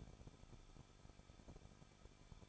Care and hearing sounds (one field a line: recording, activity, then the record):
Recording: daily activity, microphone in the room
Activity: no activity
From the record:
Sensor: 5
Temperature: 20.8 degrees Celsius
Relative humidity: 38.4%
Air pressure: 1006.5 hPa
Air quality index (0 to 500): 190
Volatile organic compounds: 19 ppm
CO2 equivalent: 2670 ppm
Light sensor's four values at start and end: 2/3/1/1 and 2/3/1/1